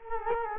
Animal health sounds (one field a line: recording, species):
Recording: mosquito wingbeat signal from an infrared sensor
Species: Culex quinquefasciatus